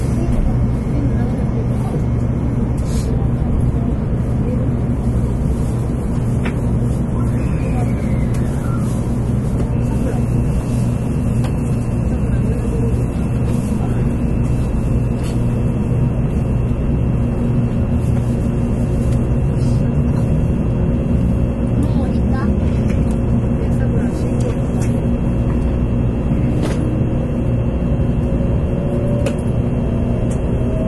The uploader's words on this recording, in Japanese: 新幹線さくら号の走行音です。JR九州車両のN700系で収録。区間は、新神戸到着直前から新大阪到着までです。新幹線さくら号 新神戸から新大阪。